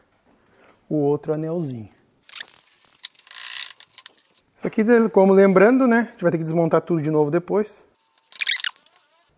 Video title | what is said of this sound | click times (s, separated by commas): JEEP WILLYS - DIA DE AJUSTAR OS EIXOS CARDANS | حلقه کوچک هنوز جا نیفتاد، من فقط آن را در اینجا انداختم و جا نشد، | none